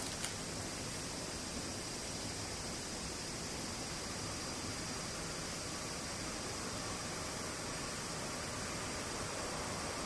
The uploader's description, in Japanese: セミ